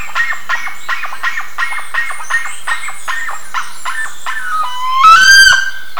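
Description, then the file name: Bird calls: evenly spaced clipped notes, then a loud rising whistled call near the end. "SABIOD 50 bird 2015"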